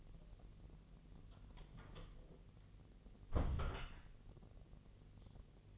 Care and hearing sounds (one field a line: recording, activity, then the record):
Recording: daily activity, microphone in the room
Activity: close door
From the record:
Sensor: 4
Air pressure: 1002.3 hPa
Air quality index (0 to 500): 248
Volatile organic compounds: 41 ppm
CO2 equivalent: 3158 ppm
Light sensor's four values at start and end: 9/20/8/7 and 10/22/9/8